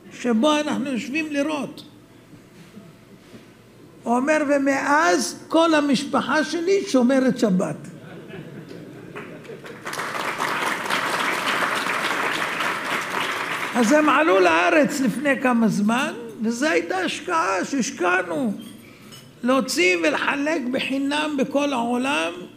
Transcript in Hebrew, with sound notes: שבו אנחנו יושבים לראות' הוא אומר: 'ומאז כל המשפחה שלי שומרת שבת!!!' [מחיאות כפים] אז הם עלו לארץ לפני כמה זמן. וזה היתה השקעה שהשקענו להוציא ולחלק בחינם בכל העולם